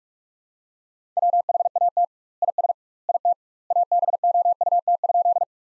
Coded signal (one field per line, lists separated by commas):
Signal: Morse code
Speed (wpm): 41 wpm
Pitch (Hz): 700 Hz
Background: none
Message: WHAT IS IT ABOUT?